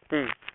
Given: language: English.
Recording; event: throat vibration sensor signal played as sound; speech